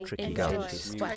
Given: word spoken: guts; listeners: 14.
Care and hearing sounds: one English word in noise, from a listening test; four-talker babble; -1.1 dB; 0 of 14; 11 of 14; 0.76 s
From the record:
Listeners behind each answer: 11, 1, 1, 1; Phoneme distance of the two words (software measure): 45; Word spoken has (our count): 1 syllable, 4 phonemes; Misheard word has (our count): 2 syllables, 5 phonemes, stress on syllable 1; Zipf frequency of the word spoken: 3.92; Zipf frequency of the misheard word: 4.51

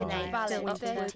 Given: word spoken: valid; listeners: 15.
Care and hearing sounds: one English word in noise, from a listening test; four-talker babble; -2.1 dB; 1 of 15; 7 of 15; 0.75 s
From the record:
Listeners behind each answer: 7, 1, 1, 1, 1, 1, 1, 1, 1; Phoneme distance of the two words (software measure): 45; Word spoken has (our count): 2 syllables, 5 phonemes, stress on syllable 1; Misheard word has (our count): 2 syllables, 4 phonemes, stress on syllable 1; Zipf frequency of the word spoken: 3.67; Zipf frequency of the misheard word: 2.91

